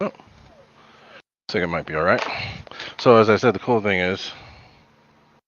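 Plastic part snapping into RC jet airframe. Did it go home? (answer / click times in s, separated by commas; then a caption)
no / none. Someone talks while handling a plastic part being pushed into the airframe of a 50 mm EDF RC jet during setup. Faint handling noise sits under the speech, and the part has not yet snapped into place; nothing has seated or clicked by the end of the clip.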